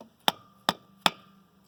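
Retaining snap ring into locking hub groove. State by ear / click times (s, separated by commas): seated / 1.1 s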